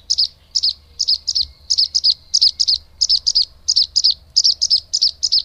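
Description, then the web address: Bluethroat song: high, sharp note pairs and triplets repeated steadily, with a faint low hum underneath. "agykontroll Madardalok Cd 3. Kékbegy"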